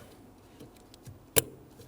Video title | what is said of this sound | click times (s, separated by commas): How to Replace Brake Light Switch 2005-2021 Nissan Frontier | press it in, you can feel it in here, lock into place. | 1.4 s